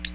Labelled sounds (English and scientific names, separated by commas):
Ovenbird (Seiurus aurocapilla) flight call